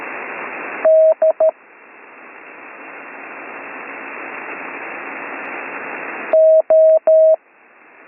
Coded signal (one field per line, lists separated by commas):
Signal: Morse code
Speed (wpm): 13 wpm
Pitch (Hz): 640 Hz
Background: none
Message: DO